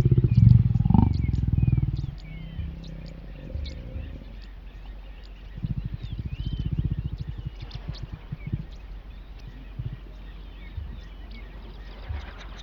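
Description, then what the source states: Lion grunts, loud and deep in the first two seconds, followed by bursts of low pulsed growling; small birds chirp faintly in the background. Lions mating.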